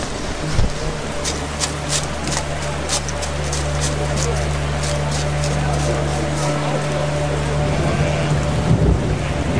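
Heavy rain pours in a steady, dense hiss that never lets up, with a low droning rumble underneath and a few sharp patters popping through the downpour.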